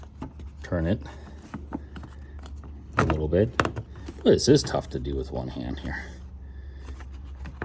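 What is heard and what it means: A headlight bulb socket on a 2019 Kia Niro is rotated one-handed to find its teeth as it is turned into the plastic headlight housing. Someone talks while light handling clicks and rubbing sounds are heard. Nothing has seated or clicked into place yet.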